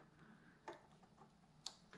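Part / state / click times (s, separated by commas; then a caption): second wiring harness connector into mating connector / seated / 1.7 s. The second plastic connector of a wiring harness is pushed into its mating connector, with a soft knock at 0.7 s and a sharp click at 1.7 s as it latches, then another light knock at 1.9 s. The connector is seated, leaving both harness connectors clicked in.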